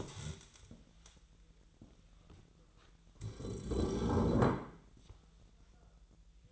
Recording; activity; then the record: daily activity, microphone in the room; stand up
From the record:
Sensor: 3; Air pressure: 1001.8 hPa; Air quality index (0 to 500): 249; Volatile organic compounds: 137 ppm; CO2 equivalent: 3964 ppm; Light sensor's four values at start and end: 9/21/9/9 and 11/25/10/11